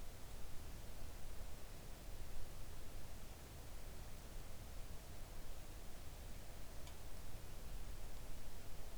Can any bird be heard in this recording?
no